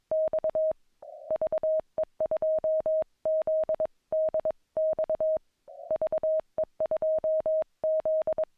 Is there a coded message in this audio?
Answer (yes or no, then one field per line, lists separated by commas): yes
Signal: Morse code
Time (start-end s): 0.1-8.4 s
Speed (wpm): 22 wpm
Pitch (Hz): 630 Hz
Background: none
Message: X VE2ZDX VE2Z